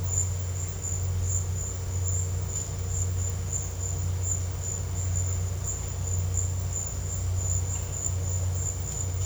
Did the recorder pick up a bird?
no